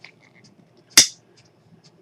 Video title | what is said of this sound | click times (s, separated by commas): Knife Review Very Rare Buck 112 FG NS S30V Ranger Knife with Beautiful Cherry wood Handles | without a doubt listen to that way it clicks in did you hear that | 1.0 s